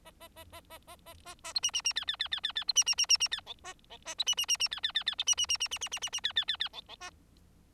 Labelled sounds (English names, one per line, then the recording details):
Bengalese Finch song
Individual Bird4